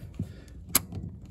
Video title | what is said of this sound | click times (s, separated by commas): Building Our Narrowboat #48 - Running Water & Tall Ships | and then that clicks in | 0.8 s